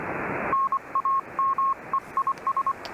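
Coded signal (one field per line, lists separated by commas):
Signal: Morse code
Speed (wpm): 24 wpm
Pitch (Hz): 1080 Hz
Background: none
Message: NAME IS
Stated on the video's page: Received on a Yaesu using a roughly 15-metre metal house rain gutter as the antenna.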